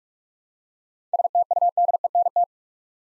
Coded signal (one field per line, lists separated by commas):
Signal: Morse code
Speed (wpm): 44 wpm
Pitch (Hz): 700 Hz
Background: none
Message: STUDENT